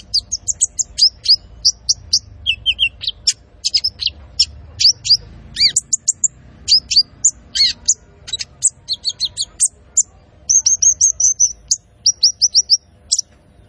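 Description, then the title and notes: Van Hasselt's sunbird song: rapid high-pitched chirps, thin whistles and short trills in quick bursts, with brief rising and falling notes throughout. Constantly singing (gacor) bird with full fill-ins (isian) and shots (tembakan), used to train cage birds and as a lure (pancingan). "MASTERAN KOLIBRI NINJA TERBAIK FULL ISIAN DAN TEMBAKAN MEWAH COCOK BUAT PANCINGAN. Suara Burung Kolibri Ninja Gacor"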